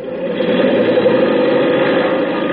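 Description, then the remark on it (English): A propeller plane, plane number 7, taking off for reconnaissance: its engine roars steadily at full power, a loud, dense droning hum with a buzzing midrange that holds constant throughout, with no voices. “Plane number 7, now taking off for reconnaissance.”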